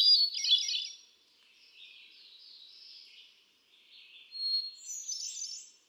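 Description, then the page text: Hermit thrush song: a fluty, warbling flourish at the start, softer wavering notes, then a high, thin phrase toward the end. One male cycling through a repertoire of about ten different songs; recorded 13 June 2006 at Quabbin Park, Ware, Massachusetts. "Birdsong for the Curious Naturalist. Hermit thrush"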